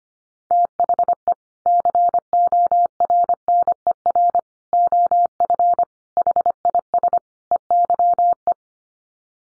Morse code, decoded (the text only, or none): THE CORNER OF HIS EYE